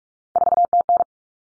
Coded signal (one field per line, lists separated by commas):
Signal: Morse code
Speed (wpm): 44 wpm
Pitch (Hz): 700 Hz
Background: none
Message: 4TN